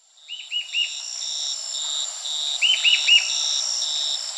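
Bird calling with two short runs of three arched, slurred chirps, backed by a continuous, rhythmic insect trill.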